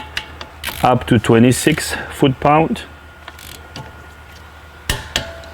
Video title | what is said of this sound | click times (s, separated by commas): How To Perform a Professional Brake Job ( Pads & Rotor ) Dodge Journey | right there I hope you heard the torque wrench click | 4.9 s, 5.2 s